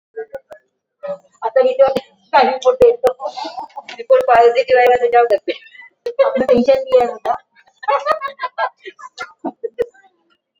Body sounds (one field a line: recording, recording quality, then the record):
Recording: deep breathing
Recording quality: poor, much background noise or distortion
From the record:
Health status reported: exposed to COVID-19, no respiratory illness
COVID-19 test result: negative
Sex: female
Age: 54 years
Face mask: not worn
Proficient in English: yes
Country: India